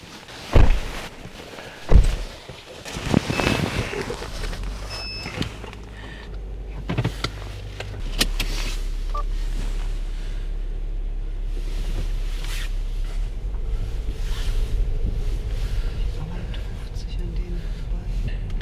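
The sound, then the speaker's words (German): Inside a moving car with the radio off: a few sharp clunks and rustles at first, then a steady low engine drone and road rumble settling into a continuous hum, with faint rattles and no talking. “So, also lasse ich das Ding hier nochmal weiterlaufen. Im Auto. Wir machen kein Radio an.”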